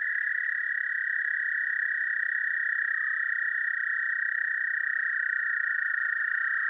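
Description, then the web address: American toad trill, a steady musical trill held unbroken throughout. "Dan Gibson's Solitudes Frog Song. American Toad"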